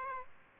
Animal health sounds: mosquito wingbeat signal from an infrared sensor; Aedes aegypti

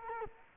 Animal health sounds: mosquito wingbeat signal from an infrared sensor; Culex quinquefasciatus

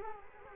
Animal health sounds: mosquito wingbeat signal from an infrared sensor; Culex quinquefasciatus

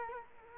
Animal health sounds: mosquito wingbeat signal from an infrared sensor; Culex quinquefasciatus

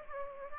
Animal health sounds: mosquito wingbeat signal from an infrared sensor; Aedes aegypti

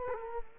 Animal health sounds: mosquito wingbeat signal from an infrared sensor; Culex quinquefasciatus

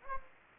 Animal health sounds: mosquito wingbeat signal from an infrared sensor; Anopheles gambiae

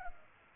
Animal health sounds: mosquito wingbeat signal from an infrared sensor; Culex pipiens

